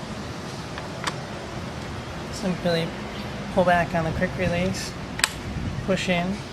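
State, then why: Not seated. A metal core drill bit is handled at a quick-release spindle: the quick-release collar is pulled back and the bit is pushed in and turned so that it locks in place. Someone talks over a steady background hum, with brief sharp handling ticks around 0.8 s, 1.1 s and 5.2 s. Nothing has seated or clicked yet.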